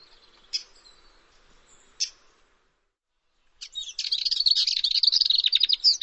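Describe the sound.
Bird song: two sharp high ticks early on, a pause, then a long, fast run of dense, buzzy twittering notes that continues to the end.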